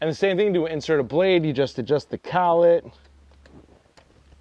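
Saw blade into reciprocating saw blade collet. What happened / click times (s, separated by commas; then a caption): The blade is being handled but has not locked in yet / none. Someone talks for about the first three seconds while a metal saw blade is handled at the blade collet of a Milwaukee Super Sawzall reciprocating saw. Only faint handling sounds follow, with brief small ticks around 3.5 and 4.0 seconds. The blade has not yet seated or clicked into the collet by the end of the clip.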